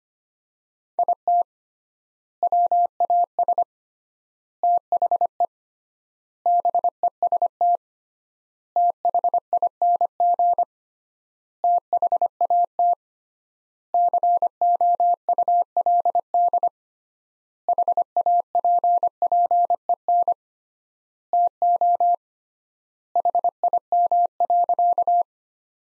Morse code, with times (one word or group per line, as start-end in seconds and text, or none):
1.0-1.4 IT
2.4-3.6 WAS
4.6-5.5 THE
6.5-7.8 BEST
8.8-10.6 THING
11.6-12.9 THAT
13.9-16.7 COULD
17.7-20.3 HAPPEN
21.3-22.1 TO
23.2-25.2 HIM.